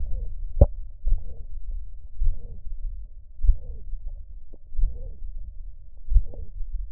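Low, dull heart thumps recur steadily at roughly 48 to 50 beats a minute in an adult, with softer beats between some of the louder ones and a faint hum underneath. This is heard by stethoscope at the cardiac apex.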